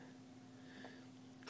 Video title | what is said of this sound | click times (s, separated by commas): BMW E92 M3 sidemarker gill Removal and installation Part 4 of 4 | clicks into place | 1.3 s, 1.4 s